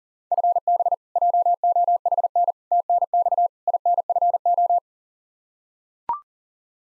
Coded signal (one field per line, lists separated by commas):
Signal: Morse code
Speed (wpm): 40 wpm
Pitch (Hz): 700 Hz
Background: none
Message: FB JOHN TNX INFO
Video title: Practice QSO - Exchange 3- More Info - 40wpm